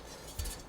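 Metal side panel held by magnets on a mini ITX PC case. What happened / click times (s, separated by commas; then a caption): The magnetic metal panel came off / 0.4 s. A magnetically held metal side panel is pulled off a mini ITX PC case. A short metallic clink sounds at 0.4 s over a low background hum, and the panel comes free.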